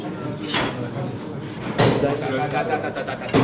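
A butcher's cleaver chops down in three sharp, heavy blows at uneven intervals, each a loud, broad crack that fades quickly, over a steady low background murmur.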